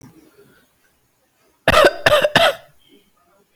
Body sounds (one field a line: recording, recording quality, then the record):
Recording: shallow voluntary cough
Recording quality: excellent, no background noise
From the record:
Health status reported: healthy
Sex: male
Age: 39 years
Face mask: not worn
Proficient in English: yes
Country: India